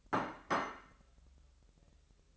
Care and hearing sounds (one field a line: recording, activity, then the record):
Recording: daily activity, microphone in the room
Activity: place plate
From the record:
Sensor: 3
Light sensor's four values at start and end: 12/37/16/13 and 12/37/16/13